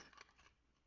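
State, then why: Not seated. A small fixed-blade knife is handled at its retention sheath, with brief scraping and rustling and two sharp ticks near 0.1 and 0.2 seconds before the sound fades to a low hum. The knife has not yet snapped into the sheath, so nothing has seated or clicked yet.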